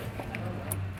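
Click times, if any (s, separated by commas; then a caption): none. The shorter end of a Curt Echo in-line Bluetooth brake controller's wiring harness is being handled and pushed toward the back of the 7-pole trailer connector on a 2022 GMC Sierra 1500, with no dielectric grease applied. Over a steady low hum, two brief sharp ticks stand out at about 0.3 s and 0.7 s. The plastic connector has not seated or clicked yet.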